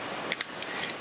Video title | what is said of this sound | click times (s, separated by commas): Traction Belt Tutorial: MASS Rehab / Gait Training / Walking / Rail Supported / Therapy | now we're snapped in place there | 0.3 s, 0.4 s